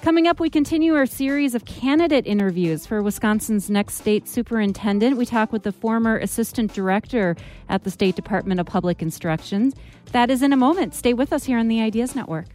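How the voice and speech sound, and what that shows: A woman speaks fluently in a clear, steady broadcast voice, announcing an upcoming interview segment; ordinary speech.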